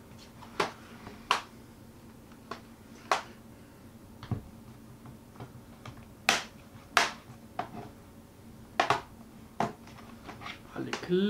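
The plastic bottom cover of an Asus TUF FX505D laptop is pressed back on around its edge after an NVMe SSD upgrade so that all its clips engage once in the chassis. A series of sharp snaps is heard at 1.3, 3.1, 6.3, 7.0 and 8.8 seconds, with softer taps in between. The clips snap in and the cover is seated.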